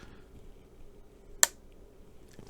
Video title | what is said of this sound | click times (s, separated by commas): J is for Janome brand Needles and Janome J Bobbins! | So it's a little click, and then that wire comes right over into that groove. | 1.4 s